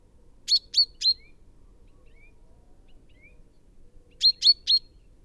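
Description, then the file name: Common chaffinch calls, sharp metallic chips given in a quick run of three, a pause, then another run of three. "Fringilla coelebs"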